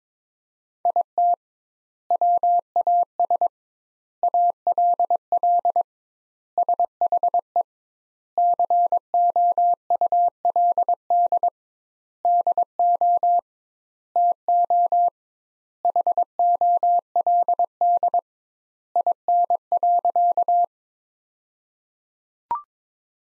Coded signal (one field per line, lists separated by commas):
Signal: Morse code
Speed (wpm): 22 wpm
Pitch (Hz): 700 Hz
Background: none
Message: IT WAS ALL SHE COULD DO TO HOLD IN.